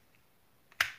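A plastic triangular segment of a twisting snake puzzle is turned so that it interlocks with the neighbouring segment. After a faint tick at 0.7 s, a single loud, sharp snap sounds at 0.8 s, and the segment seats into place.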